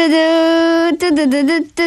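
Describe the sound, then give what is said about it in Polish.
On Polish Radio's Trójka (Program Trzeci), voices loudly imitate a fanfare a second, bolder time for the riddle answer: one long held note, then a quick burst of shorter, slightly wavering notes and a final note cut off at the end. “Fanfary po raz drugi poproszę, odważniej.”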